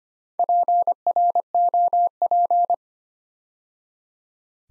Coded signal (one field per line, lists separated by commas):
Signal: Morse code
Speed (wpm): 25 wpm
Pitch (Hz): 700 Hz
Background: none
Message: PROP